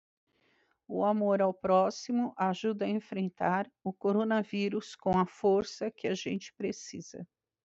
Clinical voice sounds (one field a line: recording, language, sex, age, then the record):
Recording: spoken sentence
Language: Brazilian Portuguese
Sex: female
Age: 20 to 29 years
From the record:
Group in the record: control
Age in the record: 23 years